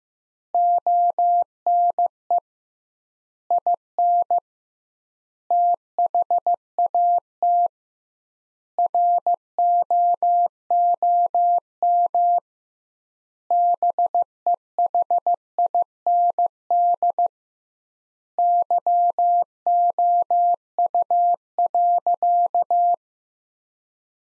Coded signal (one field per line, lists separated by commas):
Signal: Morse code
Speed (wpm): 16 wpm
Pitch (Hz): 700 Hz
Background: none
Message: ONE IN THAT ROOM BEHIND YOU.